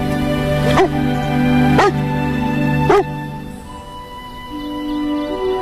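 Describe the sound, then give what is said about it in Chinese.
A dog, Bailey, barks three times at a steady, unhurried pace, each sharp bark ringing clearly over a sustained, humming musical backdrop that carries on after the barking stops. “对，伊森，说对了，我是你的狗老大，我是贝利。”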